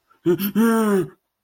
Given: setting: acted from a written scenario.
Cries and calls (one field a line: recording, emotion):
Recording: vocal sound without words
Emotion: negative surprise